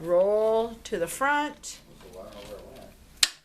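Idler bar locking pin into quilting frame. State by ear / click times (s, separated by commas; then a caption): seated / 3.2 s. Someone talks while the idler bar pin on a Baby Lock Momentum quilting frame is released and the bar is rolled to the front to put tension on the quilt. At 3.2 s a single sharp, loud click is heard as the idler bar locking pin snaps into place in the frame, seating it.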